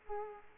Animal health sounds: mosquito wingbeat signal from an infrared sensor; Aedes aegypti

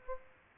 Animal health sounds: mosquito wingbeat signal from an infrared sensor; Aedes aegypti

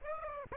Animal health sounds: mosquito wingbeat signal from an infrared sensor; Aedes aegypti

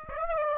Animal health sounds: mosquito wingbeat signal from an infrared sensor; Aedes aegypti

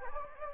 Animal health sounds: mosquito wingbeat signal from an infrared sensor; Anopheles gambiae

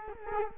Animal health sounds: mosquito wingbeat signal from an infrared sensor; Culex quinquefasciatus

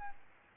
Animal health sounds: mosquito wingbeat signal from an infrared sensor; Aedes albopictus

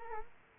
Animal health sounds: mosquito wingbeat signal from an infrared sensor; Culex quinquefasciatus

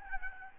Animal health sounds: mosquito wingbeat signal from an infrared sensor; Aedes albopictus

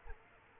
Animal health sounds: mosquito wingbeat signal from an infrared sensor; Aedes aegypti

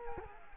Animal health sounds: mosquito wingbeat signal from an infrared sensor; Culex quinquefasciatus

